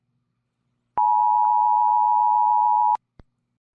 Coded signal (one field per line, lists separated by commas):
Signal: Emergency Alert System (SAME) tones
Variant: 853 and 960 Hz attention tone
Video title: Exploring Terrifying EAS Scenarios